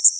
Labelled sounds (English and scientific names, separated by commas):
Common Yellowthroat (Geothlypis trichas) flight call